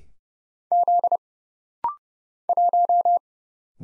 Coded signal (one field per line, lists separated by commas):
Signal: Morse code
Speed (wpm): 30 wpm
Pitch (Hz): 700 Hz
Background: none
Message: Z 1